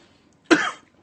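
A single short, explosive cough from an adult woman, about a third of a second, abrupt at onset and fading quickly, in a quiet room. It is an ordinary reflex cough, set off by a sip of dry wine going down the throat.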